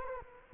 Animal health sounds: mosquito wingbeat signal from an infrared sensor; Culex quinquefasciatus

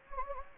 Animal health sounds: mosquito wingbeat signal from an infrared sensor; Anopheles gambiae

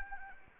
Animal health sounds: mosquito wingbeat signal from an infrared sensor; Anopheles arabiensis

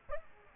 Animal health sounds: mosquito wingbeat signal from an infrared sensor; Aedes aegypti

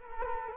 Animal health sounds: mosquito wingbeat signal from an infrared sensor; Culex quinquefasciatus

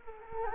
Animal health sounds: mosquito wingbeat signal from an infrared sensor; Culex quinquefasciatus

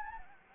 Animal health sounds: mosquito wingbeat signal from an infrared sensor; Anopheles gambiae

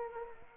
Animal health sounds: mosquito wingbeat signal from an infrared sensor; Anopheles arabiensis

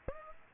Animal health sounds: mosquito wingbeat signal from an infrared sensor; Aedes aegypti

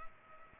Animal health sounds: mosquito wingbeat signal from an infrared sensor; Culex pipiens

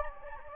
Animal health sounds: mosquito wingbeat signal from an infrared sensor; Anopheles gambiae

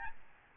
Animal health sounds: mosquito wingbeat signal from an infrared sensor; Aedes albopictus

